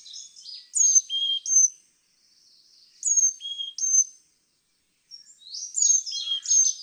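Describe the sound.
Carolina chickadee sings clear whistled phrases, high notes falling to lower ones, three times with pauses, among light buzzy twitters.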